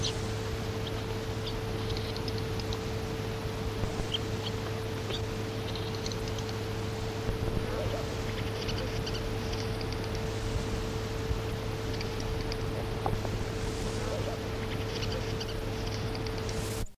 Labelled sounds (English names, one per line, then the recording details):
Brown-throated Martin call
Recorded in the wild
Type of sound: call
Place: Hardap-Damm
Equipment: Halbspur, 9,5 cm/s
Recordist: Lütgens, Hans
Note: Rufe